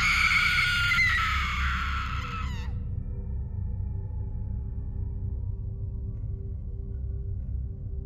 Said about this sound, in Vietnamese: Bất thình lình, có một tiếng hét thất thanh vang lên sau nhà.